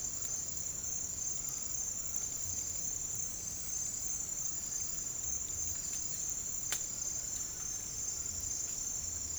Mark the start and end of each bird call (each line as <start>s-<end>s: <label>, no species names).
0.00s-5.03s: bird call